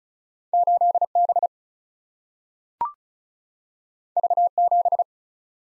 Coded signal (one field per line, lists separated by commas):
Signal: Morse code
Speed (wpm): 36 wpm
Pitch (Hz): 700 Hz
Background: none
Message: 8B V7